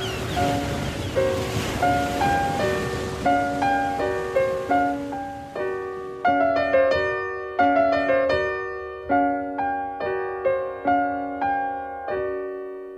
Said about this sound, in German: Lauschen. Den Wind, der durch die Gräser pfeift. Denk, meine Geschichte sei ein Lied gewesen. Wind und Wellen haben ihr Singen daran verwoben.